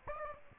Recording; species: mosquito wingbeat signal from an infrared sensor; Aedes aegypti